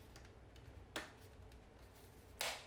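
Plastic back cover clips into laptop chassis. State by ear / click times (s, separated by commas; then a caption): seated / 1.0 s, 2.4 s. The plastic bottom cover of an MSI GE75 Raider gaming laptop is pressed down firmly around its edges so its plastic clips snap back into the chassis, with the cover needing to be pushed quite hard. Two sharp snaps are heard at 1.0 s and 2.4 s against a quiet background. The clips seat and the cover sits in place.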